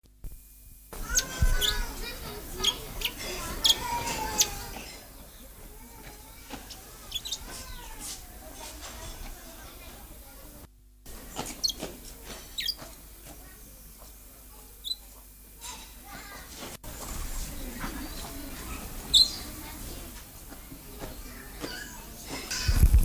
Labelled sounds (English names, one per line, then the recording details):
Bourke's Parrot call
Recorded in captivity
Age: adult
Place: Tierpark Berlin, Berlin, DE
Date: 2002-03-17 16:48
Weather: sunny, 14°C
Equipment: Sony WM-D6C, Sennheiser MKH 416, Kopie Uher 4000 Report Monitor
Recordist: Tembrock, Günter
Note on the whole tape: Diverse Lautformen (Entfernung: 2 m)